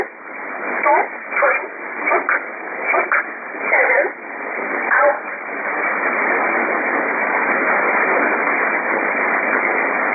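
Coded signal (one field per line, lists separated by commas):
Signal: numbers station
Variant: E11 Oblique, English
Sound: about six short, evenly spaced spoken words through static, then only hiss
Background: radio static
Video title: 04 01 2018 Numbers station E11 Oblique in English to Eu 0652 on 7840 unknown tx site in USB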